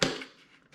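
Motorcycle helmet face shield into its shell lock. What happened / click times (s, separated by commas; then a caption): The plastic shield snapped into its lock / 0.0 s. A Bell Race Star Flex DLX Lux motorcycle helmet's face shield (visor) is closed and pushed down into its locking catch on the helmet shell, giving a single sharp snap at 0.0 s that decays quickly, followed by a faint softer sound near 0.7 s. The face shield seats and locks in place.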